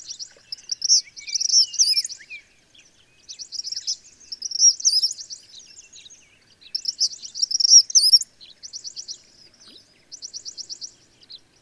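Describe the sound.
Bird song, high and lively: warbled twittering phrases interleaved with dry rapid trills, roughly every three seconds, ending on two plain trills.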